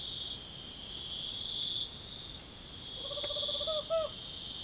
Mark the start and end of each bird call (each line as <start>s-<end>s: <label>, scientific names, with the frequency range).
2.96s-4.12s: Megascops choliba (0.1-3.2 kHz)